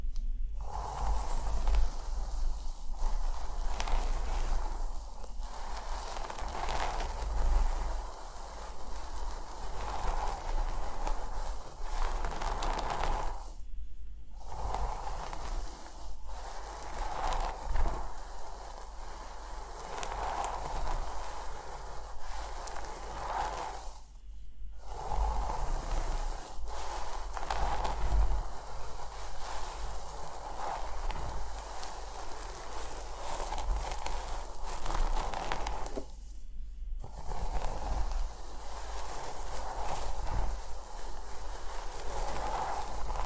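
Scalp massage and hair brushing fill the clip with a steady, dense scratching and rustling, bright and continuous with small irregular strokes. The texture pauses briefly three times, near 14, 24 and 36 seconds, before resuming. A low hum runs underneath throughout.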